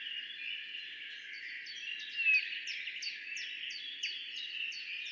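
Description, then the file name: Eurasian bullfinch with a single soft, slightly falling piping note midway, set against continuous rapid high-pitched chirping and a hissing background. "Pyrrhula pyrrhula"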